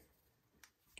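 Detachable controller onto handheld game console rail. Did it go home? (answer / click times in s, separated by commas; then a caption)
yes / 0.6 s, 1.0 s. After a failed try, a plastic detachable controller is pushed down the side rail of a handheld game console until it latches. Over a quiet background, two sharp clicks sound at 0.6 and 1.0 seconds, and the controller is seated on the rail.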